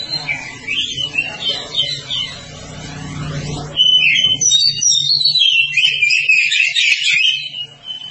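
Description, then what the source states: Oriental magpie-robin song: scratchy, varied phrases over low rumbling. From about four seconds, a loud, continuous stream of bright whistles and trills takes over. Song described as long-duration (durasi panjang).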